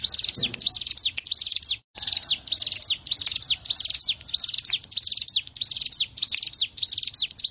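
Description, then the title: Prinia song of dense, shrill chirp groups, each a quick run of falling high notes, with one brief break early on. "Ciblek Sawah"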